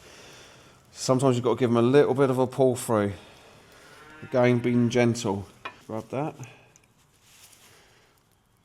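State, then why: Not seated. A crimped terminal on a motorcycle indicator wire is gently pulled through into its plastic connector housing while someone talks. Only faint handling ticks are heard near 6.8 s and 8.2 s. Nothing has seated or clicked yet.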